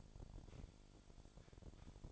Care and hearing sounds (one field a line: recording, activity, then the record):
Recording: daily activity, microphone in the room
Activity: sweep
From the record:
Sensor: 5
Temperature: 26.3 degrees Celsius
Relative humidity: 38.1%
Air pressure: 1007.1 hPa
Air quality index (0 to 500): 179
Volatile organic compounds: 5 ppm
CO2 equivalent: 1708 ppm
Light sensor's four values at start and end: 55/158/61/61 and 55/158/61/61